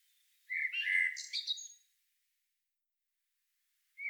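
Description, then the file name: Common blackbird delivering a soft fluted warble ending in high thin twitters, followed after a pause by the first mellow note of the next phrase. "Turdus merula"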